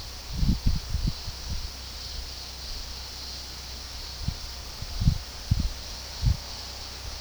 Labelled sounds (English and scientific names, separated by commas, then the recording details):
none
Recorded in pastures near Puerto Asís, Putumayo, Colombia, on 21 February 2024 at 12:30
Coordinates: 0.486, -76.323
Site G6462